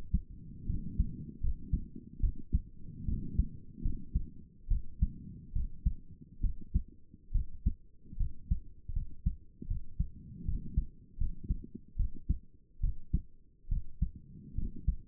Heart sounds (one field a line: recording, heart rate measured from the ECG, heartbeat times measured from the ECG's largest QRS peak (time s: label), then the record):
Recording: heart sounds by stethoscope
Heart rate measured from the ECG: 73 bpm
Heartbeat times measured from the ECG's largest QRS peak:
0.66 s: heartbeat
1.40 s: heartbeat
2.20 s: heartbeat
3.05 s: heartbeat
3.82 s: heartbeat
4.68 s: heartbeat
5.52 s: heartbeat
6.41 s: heartbeat
7.32 s: heartbeat
8.17 s: heartbeat
8.93 s: heartbeat
9.67 s: heartbeat
10.45 s: heartbeat
11.18 s: heartbeat
11.96 s: heartbeat
12.80 s: heartbeat
13.68 s: heartbeat
14.55 s: heartbeat
From the record:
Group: healthy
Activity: rest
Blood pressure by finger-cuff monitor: 125/67 mmHg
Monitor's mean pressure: 86 mmHg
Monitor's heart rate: 71 bpm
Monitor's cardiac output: 7.1 L/min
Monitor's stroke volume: 97 mL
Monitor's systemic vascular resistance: 910 dyn s/cm5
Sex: female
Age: 22 years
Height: 154 cm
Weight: 58.7 kg